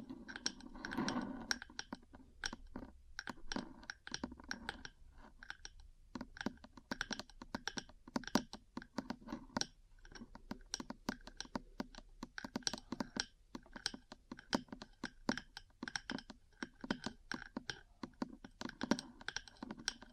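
Metal parts tap and scratch in a steady, busy run of small sharp clicks, coming many times a second like fast typing. Some hits ring with a brighter metallic edge, and a low hum sits underneath during the first five seconds.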